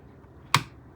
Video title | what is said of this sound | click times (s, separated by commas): ASUS ROG RYUO IV SLC 360 ARGB | You hear a click. Then I'll turn. | 0.6 s